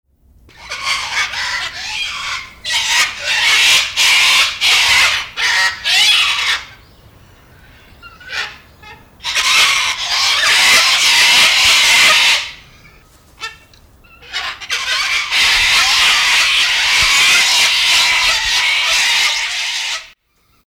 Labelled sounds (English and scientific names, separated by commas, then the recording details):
Sulphur-crested Cockatoo (Cacatua galerita)
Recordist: Tembrock, Günter
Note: Langrufe und Ruffolgen